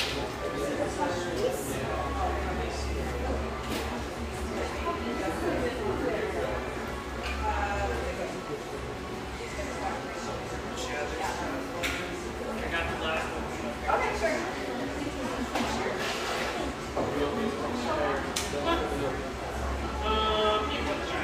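A café full of overlapping voices, a constant murmur of conversation with no single speaker standing out. A low hum runs underneath, swelling in stretches. Sharp clinks and knocks, like dishes and cups, punctuate the chatter every few seconds.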